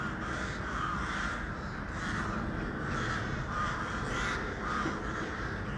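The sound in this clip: Crows cawing as a crowd, many raspy calls overlapping and swelling slightly in waves throughout.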